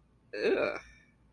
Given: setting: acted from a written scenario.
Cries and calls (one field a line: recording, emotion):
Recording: vocal sound without words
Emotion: disgust